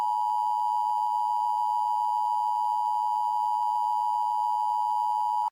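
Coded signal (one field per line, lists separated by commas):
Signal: Emergency Alert System (SAME) tones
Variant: 853 and 960 Hz attention tone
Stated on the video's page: Fictional mock EAS alert with voice and sound effects; simulated, not a real broadcast.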